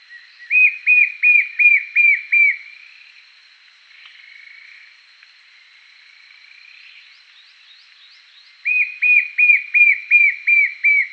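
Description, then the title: White-shouldered fire-eye call: a run of six even, clear whistled notes, then a quiet pause with faint softer sounds, then another run of six or seven. "LuckyPassaro Completos2Sama. White-shouldered Fire-eye (Pyriglena leucoptera)"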